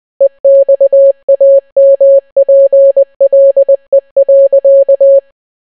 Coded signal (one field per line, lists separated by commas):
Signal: Morse code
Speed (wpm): 20 wpm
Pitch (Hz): 550 Hz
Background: none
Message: EXAMPLE.